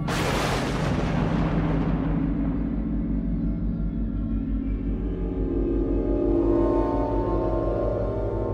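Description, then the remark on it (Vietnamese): A deafening thunderclap cracks open with a sharp, bright burst, then rolls into a long, heavy low rumble that stays loud and churning for several seconds. No voices. “Chợt từ phía trên bầu trời, một tiếng sét đinh tai vang dội khiến cho Quanh giật mình bừng tỉnh giữa cơn mê.”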